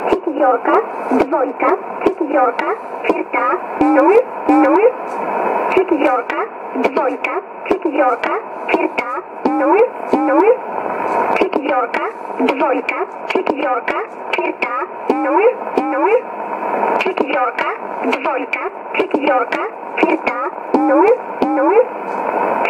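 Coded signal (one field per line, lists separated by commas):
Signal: numbers station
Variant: S11a Cherta, Russian voice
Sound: narrowband radio voice reading short words steadily over hiss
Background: radio static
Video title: 25 04 2017 Numbers station S11a Cherta in Russian to Eu 1022 on 9960 in USB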